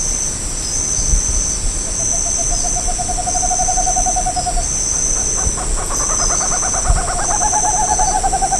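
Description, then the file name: Bird call: a steady trilled series of notes held for a few seconds, then repeated slightly higher, over a loud continuous high-pitched drone. "SABIOD 50 bird 2015"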